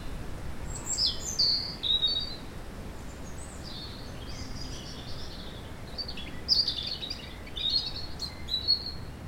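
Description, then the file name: European robin song: repeated bursts of thin, high warbling and whistled slides spread throughout, with a persistent low background noise. "Erithacus rubecula"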